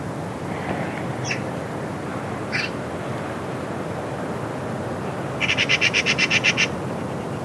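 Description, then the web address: Bird calls: two brief high notes, then a fast burst of evenly spaced pulsed notes near the end, over a constant low rumble. "cianscape birddata Deverinetal 2025"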